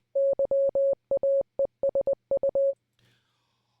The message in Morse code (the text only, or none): YAESU